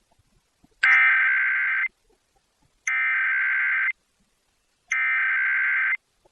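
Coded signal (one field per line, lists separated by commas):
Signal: Emergency Alert System (SAME) tones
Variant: header bursts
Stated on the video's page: National Periodic EAS Test captures.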